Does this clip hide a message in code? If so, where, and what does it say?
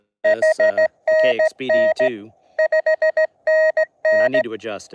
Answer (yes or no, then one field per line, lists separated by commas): yes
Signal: Morse code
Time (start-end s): 0.2-4.4 s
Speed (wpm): 16 wpm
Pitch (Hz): 590 Hz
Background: speech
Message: HNN 5NN